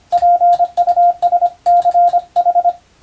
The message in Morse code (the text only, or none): PUSCH